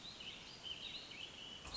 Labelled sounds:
Warbling Vireo
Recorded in Sonoma County, California

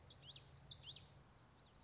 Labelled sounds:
Common Yellowthroat
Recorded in Sonoma County, California

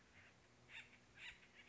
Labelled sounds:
Acorn Woodpecker
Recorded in Sonoma County, California

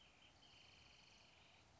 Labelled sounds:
Wrentit
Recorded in Sonoma County, California

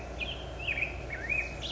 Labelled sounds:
Black-headed Grosbeak
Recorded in Sonoma County, California

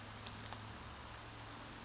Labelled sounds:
Brown Creeper
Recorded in Sonoma County, California

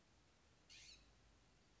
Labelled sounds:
Blue-gray Gnatcatcher
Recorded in Sonoma County, California

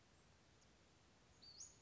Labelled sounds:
Western Flycatcher
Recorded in Sonoma County, California

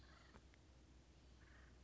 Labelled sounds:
Acorn Woodpecker
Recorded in Sonoma County, California

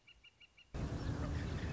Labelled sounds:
Northern Flicker
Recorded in Sonoma County, California

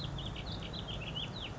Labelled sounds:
Warbling Vireo
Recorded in Sonoma County, California

